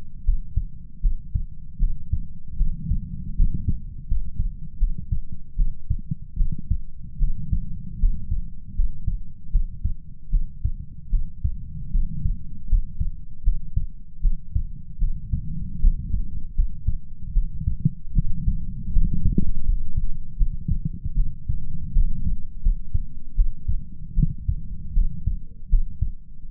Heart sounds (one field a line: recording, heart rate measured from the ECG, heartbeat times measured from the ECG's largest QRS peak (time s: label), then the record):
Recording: heart sounds by stethoscope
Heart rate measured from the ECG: 78 bpm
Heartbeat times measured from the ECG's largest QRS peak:
0.23 s: heartbeat
1.00 s: heartbeat
1.78 s: heartbeat
2.56 s: heartbeat
3.34 s: heartbeat
4.06 s: heartbeat
4.77 s: heartbeat
5.55 s: heartbeat
6.35 s: heartbeat
7.18 s: heartbeat
7.98 s: heartbeat
8.74 s: heartbeat
9.50 s: heartbeat
10.29 s: heartbeat
11.09 s: heartbeat
11.90 s: heartbeat
12.67 s: heartbeat
13.42 s: heartbeat
14.20 s: heartbeat
14.98 s: heartbeat
15.79 s: heartbeat
16.54 s: heartbeat
17.32 s: heartbeat
18.12 s: heartbeat
18.91 s: heartbeat
19.63 s: heartbeat
20.36 s: heartbeat
21.14 s: heartbeat
21.91 s: heartbeat
22.61 s: heartbeat
23.34 s: heartbeat
24.14 s: heartbeat
24.92 s: heartbeat
25.68 s: heartbeat
26.48 s: heartbeat
From the record:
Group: healthy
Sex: female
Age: 26 years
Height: 165 cm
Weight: 55 kg